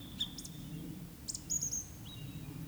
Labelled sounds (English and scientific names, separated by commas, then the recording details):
Eurasian Woodcock (Scolopax rusticola) whistle, Eurasian Woodcock (Scolopax rusticola) croak
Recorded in Baden-Württemberg, Germany, on 19 May 2021 at 19:34 UTC
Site 24608, 624 m above sea level